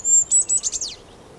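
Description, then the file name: Goldcrest song fragment: a few very high, thin notes followed by a quick descending flourish, lasting about one second. Song; Europe. "Wintergoldhaehnchen Gesang Voegel in Europa"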